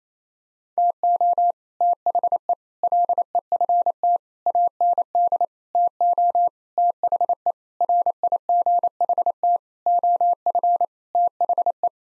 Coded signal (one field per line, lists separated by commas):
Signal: Morse code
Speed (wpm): 28 wpm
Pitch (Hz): 700 Hz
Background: none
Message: TO THE LEFT AND TO THE RIGHT OF THE